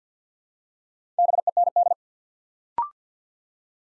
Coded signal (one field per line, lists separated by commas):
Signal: Morse code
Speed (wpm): 48 wpm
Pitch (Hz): 700 Hz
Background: none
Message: BEND